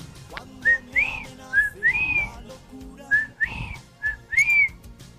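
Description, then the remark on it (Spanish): A person whistles an imitation of birdsong: a series of short, high, clear phrases with rising and sliding notes, repeated in uneven bursts over a low background murmur. “Hola, hoy día les voy a mostrar el canto de un pájaro.”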